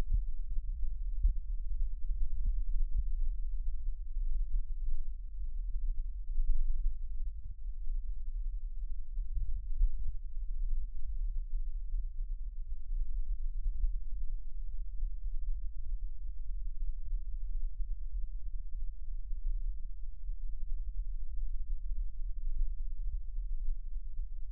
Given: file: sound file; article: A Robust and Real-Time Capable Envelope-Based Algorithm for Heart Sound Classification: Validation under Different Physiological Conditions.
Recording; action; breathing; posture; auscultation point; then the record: heart sounds by electronic stethoscope; rest; normal; sitting; left side of the back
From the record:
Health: healthy, no known heart disease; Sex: male